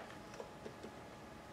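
A crimped terminal is handled and reinserted the right way round into a female wiring plug housing after an earlier attempt failed because it was reversed. Only faint, low handling ticks are heard near 0.4, 0.7 and 0.8 seconds over a steady low background. Nothing has seated or clicked yet.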